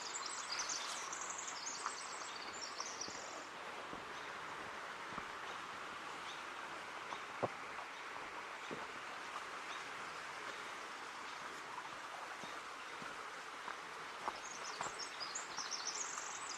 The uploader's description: Ancient Forest Preserve, a 40 acre non-contiguous annex to the 5200 acre Forest Park of Portland, Oregon